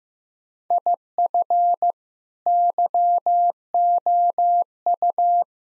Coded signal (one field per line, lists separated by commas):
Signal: Morse code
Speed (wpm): 15 wpm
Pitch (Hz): 700 Hz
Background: none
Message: IF YOU